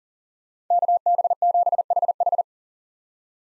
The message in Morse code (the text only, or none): KB7HH